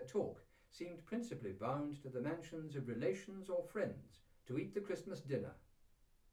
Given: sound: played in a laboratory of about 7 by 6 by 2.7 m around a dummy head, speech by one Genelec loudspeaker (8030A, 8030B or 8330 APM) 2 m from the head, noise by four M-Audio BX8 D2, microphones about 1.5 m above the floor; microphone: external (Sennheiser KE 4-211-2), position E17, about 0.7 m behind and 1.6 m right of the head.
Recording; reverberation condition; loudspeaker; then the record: male speech in English; low; 90 degrees to the left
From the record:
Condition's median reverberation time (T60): about 310 ms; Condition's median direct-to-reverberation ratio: about 3.5 dB